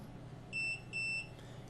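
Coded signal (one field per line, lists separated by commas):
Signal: beep code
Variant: Sonoff RF Bridge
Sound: two short high-pitched electronic beeps in quick succession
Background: room hum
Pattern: 2 short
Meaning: It has received the code from the remote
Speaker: and notice that it did two beeps that means that it has received the code from the remote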